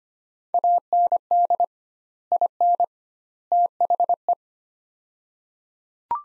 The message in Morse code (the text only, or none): AND IN THE